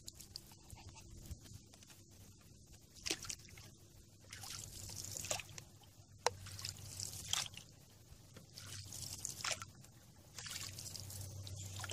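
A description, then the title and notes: A canoe drifts on a lazy river, with a low, steady hum underneath throughout. Soft wet splashes, drips and squishy scrapes come every second or two, with brighter swishes around four to five seconds, near seven, and again past nine seconds. Canoe In River. A CANOE IN LAZY RIVER.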